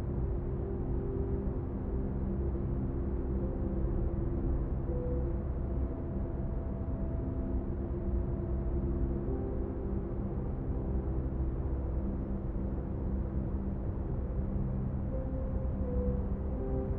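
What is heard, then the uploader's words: Pink noise plays as a steady, unchanging rush that is heavy in the low end and muffled, with the bright top cut away. Faint humming tones drift through the lower part, giving it a slightly engine-like rumble, and the level never varies. Pink noise is a type of sound that contains equal energy per octave, meaning it has a balanced frequency spectrum.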